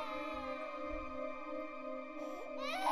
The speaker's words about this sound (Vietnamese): Trên người đầm đìa máu, những sợi tóc mọc lẫm chẩm, tiếng khóc oe oe chói tai. 7 vong linh nhỏ hình như đều đang hướng về một phía. Tiếng khóc than ai oán đến thê lương,